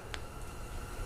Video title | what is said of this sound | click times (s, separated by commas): KEY FOB BATTERY REPLACEMENT NISSAN ROGUE 2008 2009 2010 2011 2012 2013 2014 2015 2016 2017 2018 | Okay, you're going to hear that click guys, listen now. | 0.1 s